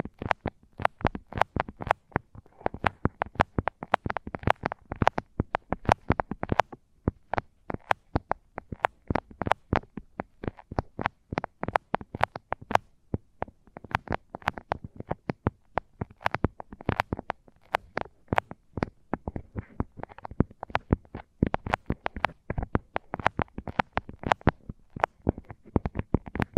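Fingers tap and scratch over microphones covered with tape, producing a constant stream of sharp, crisp clicks. The taps come fast and irregular, several each second, with brief pauses between flurries. The density stays even for the whole stretch, with no voice.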